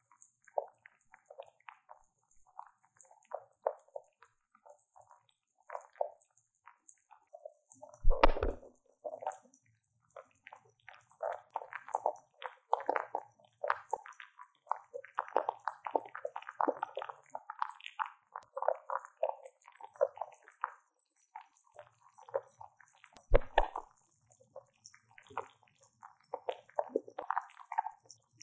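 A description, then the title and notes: Sparkling water fizzing around the ears: dense crackling pops and bubbles throughout, with two heavy low thumps near eight and twenty-three seconds. 氣泡水入侵耳朵!! Ears in Sparkling Water.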